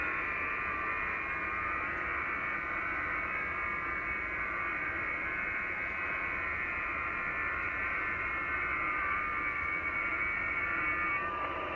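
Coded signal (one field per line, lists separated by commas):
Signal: FT8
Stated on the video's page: FT8 from a Ducie Island DXpedition on 20m (14MHz), received with IC-7600, Hex Beam antenna and SPE Expert 1.3K-FA amplifier.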